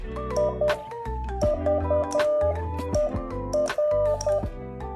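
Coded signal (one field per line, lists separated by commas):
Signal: Morse code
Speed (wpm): 10 wpm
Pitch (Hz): 600 Hz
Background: music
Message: IVER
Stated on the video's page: Morse code quiz.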